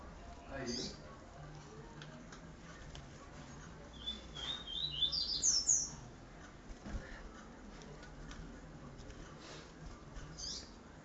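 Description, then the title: Double-collared Seedeater singing one short, high, climbing burst of clear notes midway, with scattered faint clicks and a low background hum throughout. "Canto Coleiro"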